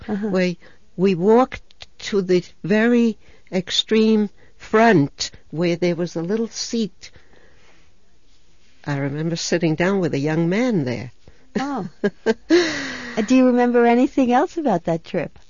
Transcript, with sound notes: We walked to the very extreme front where there was a little seat. I remember sitting down with a young man there. ( she laughs )
Do you remember anything else about that trip?